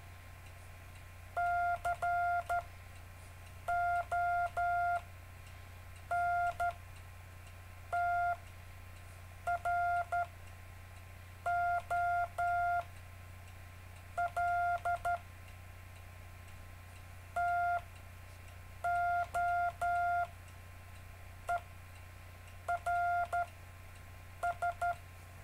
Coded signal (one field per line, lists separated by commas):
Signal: Morse code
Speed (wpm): 12 wpm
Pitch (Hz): 700 Hz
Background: none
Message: CONTROL TOERS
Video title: David Casler Live Stream Morse Code 4, 17 Mar 2018, 1600-1630 UTC